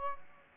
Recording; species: mosquito wingbeat signal from an infrared sensor; Aedes aegypti